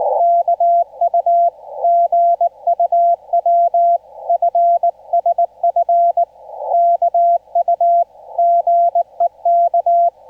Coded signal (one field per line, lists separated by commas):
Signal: Morse code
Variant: Korean alphabet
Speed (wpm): 19 wpm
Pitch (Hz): 690 Hz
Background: none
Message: 이 십 년 이 상